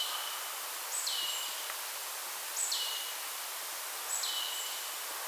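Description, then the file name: Marsh tit calls, a sharp high note dropping to a lower drawn-out tail, given three times about every one and a half seconds over steady hiss. "Poecile palustris"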